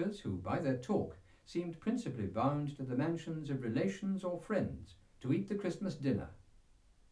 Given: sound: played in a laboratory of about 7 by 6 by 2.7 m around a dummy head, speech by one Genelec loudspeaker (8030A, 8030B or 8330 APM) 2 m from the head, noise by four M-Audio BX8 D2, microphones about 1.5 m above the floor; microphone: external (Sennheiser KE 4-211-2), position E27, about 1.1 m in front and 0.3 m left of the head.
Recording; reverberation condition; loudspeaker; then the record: male speech in English; low; 120 degrees to the right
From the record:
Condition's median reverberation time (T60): about 310 ms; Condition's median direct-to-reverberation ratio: about 3.5 dB